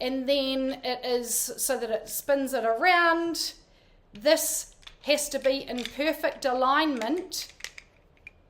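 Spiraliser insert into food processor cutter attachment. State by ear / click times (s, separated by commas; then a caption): seated / 8.3 s. A plastic spiraliser insert is aligned and pressed into the Thermomix TM7 Cutter Plus attachment of a food processor while someone talks. After the talking stops, a few small ticks lead to a sharp click at 8.3 s as the insert seats in place.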